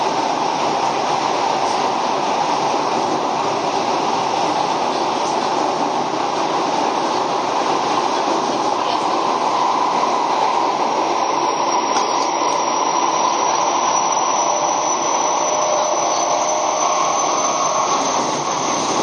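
A Keio 5000 series train running between Motoyawata and Hashimoto, heard as a steady, dense roar of wheels and track that holds an even loudness throughout. A faint mid-pitched whine rises out of the noise during the second half.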